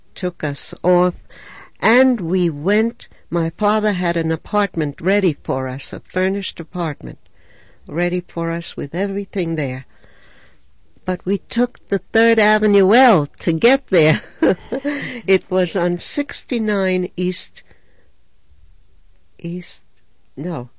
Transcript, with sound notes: took us off, and we went, my father had an apartment ready for us, a furnished apartment ready for us with everything there. But we took the Third Avenue El to get there. ( she laughs ) It was on 69 East, no.